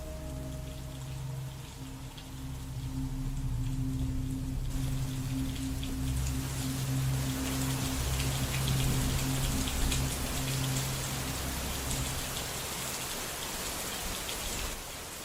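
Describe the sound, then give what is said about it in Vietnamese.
Heavy pouring rain hisses in a dense, steady roar that swells after the first couple of seconds, with a low sustained hum running underneath. “Cho đến khi ông Tránh Hội lăn ra ngất xỉu, mưa xối xả vào mặt cũng chẳng biết gì.”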